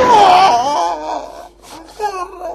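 A female video game character cries in loud, high, wavering sobs that trail off briefly, then rise again in a shorter whimpering wail.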